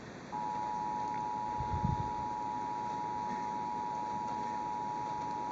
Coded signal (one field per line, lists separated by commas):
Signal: Emergency Alert System (SAME) tones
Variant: 853 and 960 Hz attention tone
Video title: Severe Thunderstorm Warnings (Weather Radio/TV) (EAS #509-510)